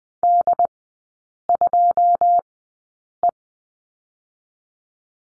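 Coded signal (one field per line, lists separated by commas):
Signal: Morse code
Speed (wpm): 20 wpm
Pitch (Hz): 700 Hz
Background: none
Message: D2E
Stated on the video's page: Morse course lesson at Farnsworth speed 20/10wpm, three-character drill.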